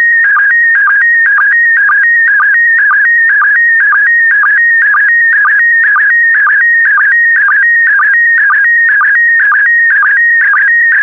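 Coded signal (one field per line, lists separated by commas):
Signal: SSTV (slow-scan television)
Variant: PD120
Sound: warbling electronic tone with a steady rhythmic chirp about twice a second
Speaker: Starting transmission in 5, 4, 3, 2, 1. Transmission complete. You can now check your decoded image against the picture that is shown on the video.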